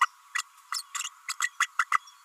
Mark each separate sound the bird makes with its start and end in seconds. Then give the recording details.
0.01-0.06, 0.35-0.43, 0.74-0.82, 0.94-1.03, 1.28-1.33, 1.41-1.49, 1.60-1.68, 1.79-1.85, 1.91-1.99. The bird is a female. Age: 32 days. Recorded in a nest box in Venezuela. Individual 17B32A5